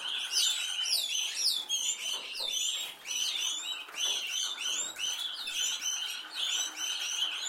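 Canary singing a fast series of sweeping chirps, repeated in rhythmic bursts several times a second without pause.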